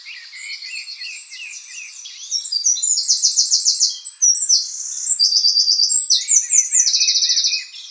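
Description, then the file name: Eurasian wren song, a quiet start swelling into loud, fast rattling trills and sharp high notes delivered in an unbroken stream. "Troglodytes troglodytes"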